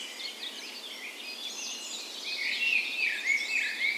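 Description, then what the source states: Birds: bird dawn chorus, soft high twittering building into a brighter run of quick whistled notes over the last two seconds. Spring dawn chorus in a park west in Bergen, Norway, morning of 17 May, Norway's National Day; Sony PCM A10 recorder with LOM micro Usi mics as tree ears.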